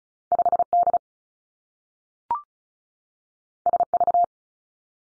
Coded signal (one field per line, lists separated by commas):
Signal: Morse code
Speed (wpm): 36 wpm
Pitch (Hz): 700 Hz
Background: none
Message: 5 D S V